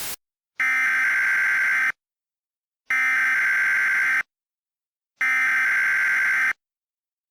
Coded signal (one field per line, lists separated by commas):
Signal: Emergency Alert System (SAME) tones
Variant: header bursts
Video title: EAS Mock 24: Qui Maneant